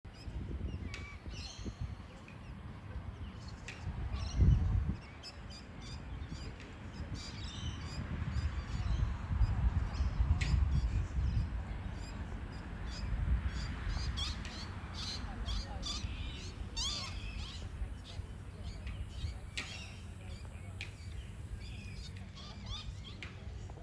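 Magpies chatter in a park, with short rattling calls and squawks breaking out in bursts every second or two throughout. A steady low rumble sits underneath, and a louder thump or rustle stands out around four seconds in.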